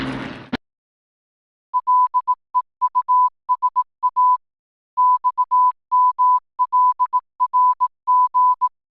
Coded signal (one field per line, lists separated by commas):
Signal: Morse code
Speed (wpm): 18 wpm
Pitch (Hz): 1000 Hz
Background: none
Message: LEUSA XMLRG